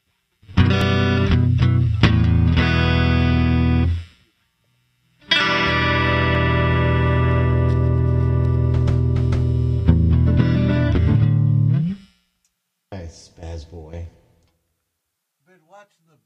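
Big cymbal crashes drenched in reverb, two long loud sustained washes ringing for several seconds each, followed by a few short, quieter bursts.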